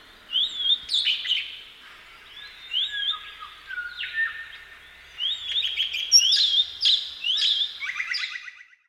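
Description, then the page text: Red-rumped parrot song: clear whistled phrases with rising and falling notes in bursts, the later ones quicker and more trilled, separated by short pauses. "Marc Anderson - Певчий попугай (Psephotus haematonotus)"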